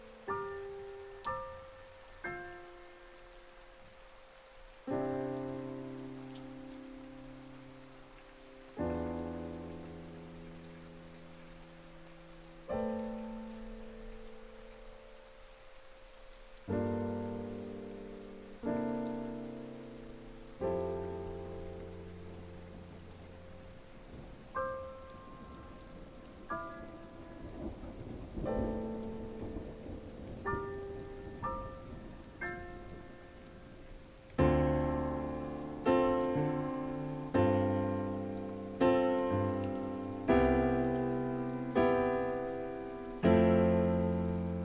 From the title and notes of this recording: 528Hz Thunder & Rain Sounds Magical Piano Music Solfeggio Miracle Tone.